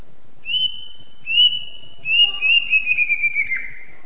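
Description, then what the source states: Greater green leafbird song: two clear drawn-out whistles followed by a longer warbling, slightly descending whistled phrase. Champion songbird.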